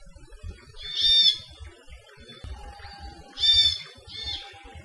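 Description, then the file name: Hawaii amakihi giving short, buzzy, harmonic chirp bursts, a single one and then a pair about two and a half seconds later, with a faint steady whistle-like tone between them and low rumble below. Recorded along Saddle Road, Hawaii, on 9 December 2006. "amakihi 12092006"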